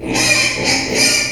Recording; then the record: squeal of a Yucatan mini pig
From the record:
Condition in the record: before surgery on the right vocal fold (resection and tissue-engineered implant); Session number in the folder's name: 2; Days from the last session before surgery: 0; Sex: male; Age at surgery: 12 weeks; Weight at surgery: 13 kg